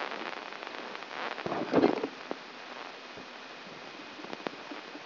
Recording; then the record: brain microelectrode recording played as sound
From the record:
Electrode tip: inside the subthalamic nucleus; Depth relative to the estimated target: -2 mm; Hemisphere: right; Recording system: AlphaMap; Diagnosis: Parkinson's disease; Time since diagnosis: 12 years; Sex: female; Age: 47 years